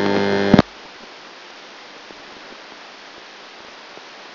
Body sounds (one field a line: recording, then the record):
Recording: brain microelectrode recording played as sound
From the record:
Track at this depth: outside the subthalamic nucleus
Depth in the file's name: 0.006 mm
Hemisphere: left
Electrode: 3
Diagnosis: Parkinson's disease